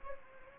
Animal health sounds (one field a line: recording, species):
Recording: mosquito wingbeat signal from an infrared sensor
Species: Anopheles gambiae